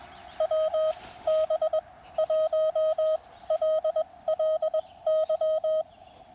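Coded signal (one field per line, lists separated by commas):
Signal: Morse code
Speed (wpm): 20 wpm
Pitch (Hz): 630 Hz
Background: radio noise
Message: WB1LLY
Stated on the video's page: CW during a Blue Ridge Parkway park activation using a lab599 TX-500 and a CHA MPAS 2.0 antenna.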